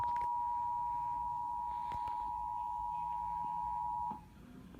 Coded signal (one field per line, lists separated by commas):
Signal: Emergency Alert System (SAME) tones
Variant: 853 and 960 Hz attention tone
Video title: (MISSED Sorta) WJCT Mocks Tennessee On the NATIONAL TEST! National EAS test from 8/11/21 (EAS #13)